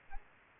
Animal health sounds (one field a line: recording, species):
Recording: mosquito wingbeat signal from an infrared sensor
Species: Aedes aegypti